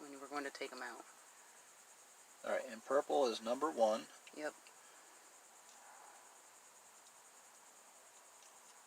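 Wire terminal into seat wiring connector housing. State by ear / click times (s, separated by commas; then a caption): not seated / none. While reconnecting the seat wiring during a swivel seat install in a Ford Transit van conversion, the purple wire terminal for position one is handled at the plastic connector housing. Someone talks over a steady high-pitched buzzing drone that runs the whole clip. Nothing has clicked or seated yet.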